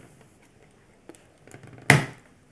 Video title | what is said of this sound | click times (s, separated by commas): Polaroid cameras: OLD vs NEW (in-depth comparison Polaroid Now vs 660) | it clicks in place | 1.9 s